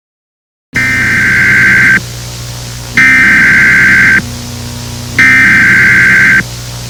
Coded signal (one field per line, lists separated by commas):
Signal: Emergency Alert System (SAME) tones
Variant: header bursts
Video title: EAS SCENARIO || Alexandria EF5